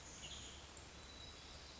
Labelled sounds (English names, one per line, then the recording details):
Western Tanager
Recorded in Sonoma County, California